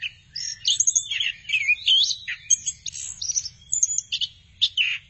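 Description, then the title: Thrush song of loud, sweeping whistled notes and quick chirps, with varied phrases coming in short bursts. "burung anis x"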